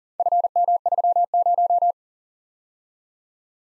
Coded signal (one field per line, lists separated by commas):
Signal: Morse code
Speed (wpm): 38 wpm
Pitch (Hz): 700 Hz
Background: none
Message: FM30